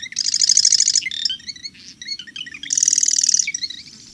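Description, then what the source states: Marsh Wren song: two rapid, buzzy mechanical rattles, each about three-quarters of a second, separated by a jumble of short high chips and twittering notes, with a faint low background hum. Male; song has 57 recorded variations, with a recurring chugging phrase like a sewing machine or toy machine gun; may sing through the night; likened to a rusty hinge or bubbles through mud.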